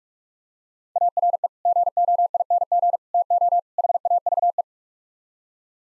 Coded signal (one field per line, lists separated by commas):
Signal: Morse code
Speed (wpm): 45 wpm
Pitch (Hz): 700 Hz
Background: none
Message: ARE GOING TO HAVE